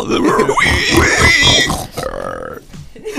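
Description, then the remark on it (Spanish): A person does a loud, throaty pig impression, a run of rough snorting grunts and squeals that fades into a lower, nasal oinking and a final short snort. “El chancho dijo.”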